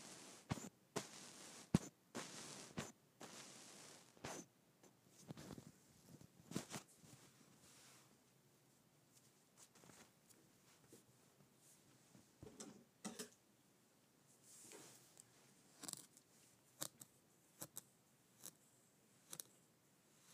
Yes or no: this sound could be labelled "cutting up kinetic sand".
yes